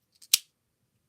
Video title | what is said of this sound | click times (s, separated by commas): Hasbro Beyblade X Xtreme Battle Set review. | you shove it in this side into this hole here until it snaps into place | 0.3 s